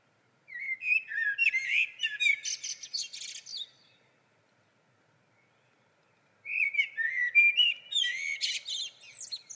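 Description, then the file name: Common blackbird song in two long phrases of rich, fluty low whistles ending in shrill, rapid squeaky notes, with a quiet gap of over two seconds between them. "Turdus merula"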